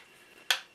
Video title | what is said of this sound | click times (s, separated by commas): kydex sheath tutorial part 4 of 4 | nice snap in. | 0.5 s